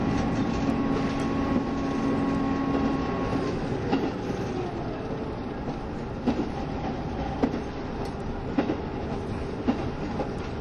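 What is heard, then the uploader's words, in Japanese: Running sound recorded aboard a moving diesel train, a steady, dense rumble with a low droning tone and a higher whine that fade out after about three seconds. From the four-second mark, sharp clacks from the rail joints arrive roughly every second or so. キハ72系 ゆふいんの森06号01 由布院～うきは。走行音。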